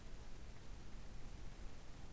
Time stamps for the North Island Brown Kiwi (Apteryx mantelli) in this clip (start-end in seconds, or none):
none